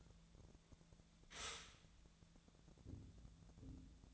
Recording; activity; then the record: daily activity, microphone in the room; stop toaster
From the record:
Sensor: 3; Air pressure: 1000.2 hPa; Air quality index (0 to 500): 156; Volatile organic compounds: 3 ppm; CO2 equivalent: 1374 ppm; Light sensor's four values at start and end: 36/92/39/42 and 36/93/39/42